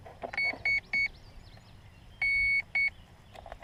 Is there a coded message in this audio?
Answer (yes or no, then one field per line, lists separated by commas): no